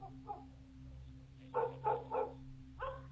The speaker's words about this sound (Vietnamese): Con chó nhà nuôi chẳng hiểu làm sao nó cứ chõ ra chỗ cánh cổng gỗ lim mà cắn nhấm nha nhấm nhằng.